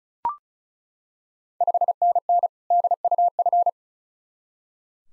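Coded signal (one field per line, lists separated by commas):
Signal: Morse code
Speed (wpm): 36 wpm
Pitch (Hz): 700 Hz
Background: none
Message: 5NN DUF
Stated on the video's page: Morse practice of Ontario QSO Party contest exchanges at 35 wpm, each sent, spoken, then sent again for head-copy.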